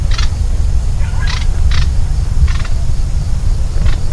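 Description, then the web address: Manchurian bush warbler uttering quick, rasping chack notes, five in about four seconds, against a constant low-pitched rumbling background. Calls recorded at Xitou, Guangdong, China, on 14 January 2012. "Manchurian Bush Warbler Call 120114 China Guangdong Xitou. bouscarle de manchourie cettia canturians"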